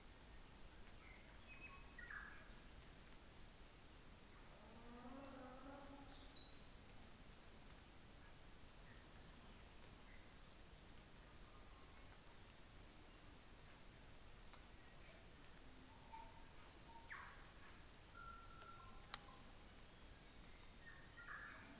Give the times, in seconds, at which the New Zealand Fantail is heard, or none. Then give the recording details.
3.14-3.66, 5.75-6.82, 8.64-9.15, 10.24-10.70. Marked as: faintness 4/5, faintness 3/5, faintness 5/5. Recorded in New Zealand on 24 December 2018. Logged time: 11:00